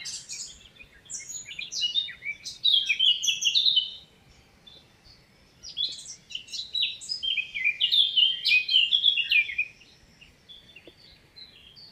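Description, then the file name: Eurasian blackcap song: two bursts of quick warbling that swell into loud, clear fluted phrases, separated by a short pause. "Sylvia atricapilla"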